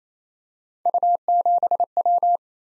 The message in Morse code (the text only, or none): U7W